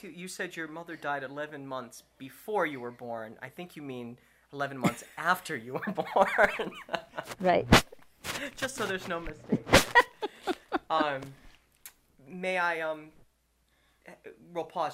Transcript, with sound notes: You said your mother died eleven months before you were born. I think you mean eleven months after you were born.
Right. [Laughs]
Just so there's no mistake. [Laughs] May I — we'll pause.